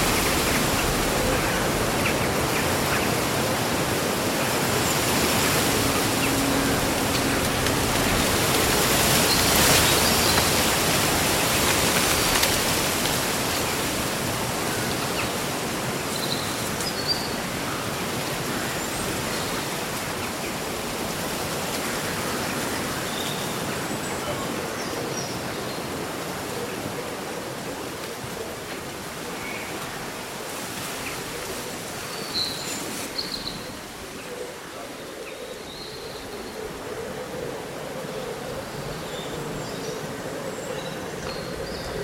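Leaves rustle steadily in a cool summer breeze, a dense, even hiss that swells a little around ten seconds and eases slightly later on. Faint, brief bird chirps appear now and then, mostly from about sixteen to thirty-three seconds.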